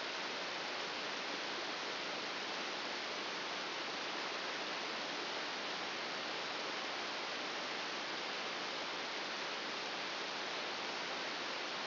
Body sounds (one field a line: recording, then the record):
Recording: brain microelectrode recording played as sound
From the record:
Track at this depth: inside the subthalamic nucleus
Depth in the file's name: 4.801 mm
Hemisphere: right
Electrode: 2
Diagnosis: Parkinson's disease